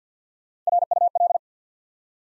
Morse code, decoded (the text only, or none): RUL